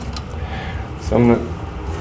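A PC power supply's main power connector is being handled at the motherboard socket, ready to be pushed in until its plastic clip latches, while someone talks. A brief sharp sound comes at 0.2 s, and the talking rises in level around 1.2 to 1.3 s. Nothing has seated or clicked yet.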